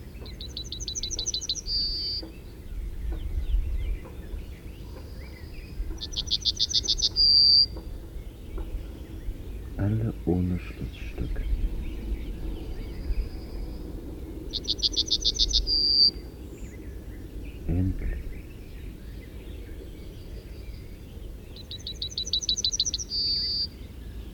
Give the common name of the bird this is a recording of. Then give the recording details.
Yellowhammer. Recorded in the wild. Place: Ventschow, Mecklenburg-Vorpommern, DE. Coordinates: 53.786, 11.576. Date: 1972-06-14. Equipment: Nagra III BH, Sennheiser MD 21, parabola. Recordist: Schubert, Michael